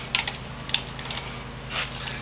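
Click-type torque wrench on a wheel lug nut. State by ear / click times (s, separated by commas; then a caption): torque reached / 0.1 s, 0.7 s. A click-type torque wrench, set well above the factory specification, is put on a truck wheel lug nut. Two sharp, short clicks ring out at 0.2 s and 0.7 s, with fainter ticks in between over a low hum. The wrench clicks at its setting.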